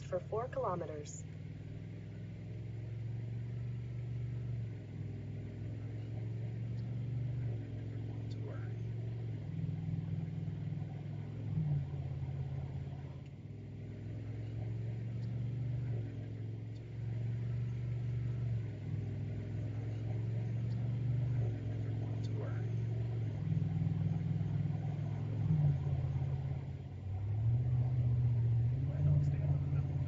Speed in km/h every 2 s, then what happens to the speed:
50, 61, 72, 82, 89, 95, 97, 98, 98, 98, 97, 95, 94, 95, 97.
0-11 speeds up to 97. 11-30 steady at about 97.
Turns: none.